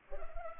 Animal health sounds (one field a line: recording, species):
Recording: mosquito wingbeat signal from an infrared sensor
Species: Culex pipiens